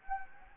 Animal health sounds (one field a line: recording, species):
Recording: mosquito wingbeat signal from an infrared sensor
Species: Anopheles gambiae